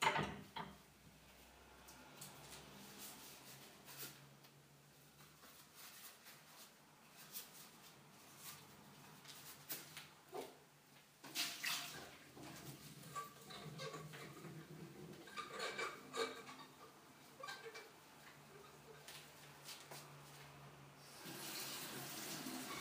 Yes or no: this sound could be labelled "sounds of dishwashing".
yes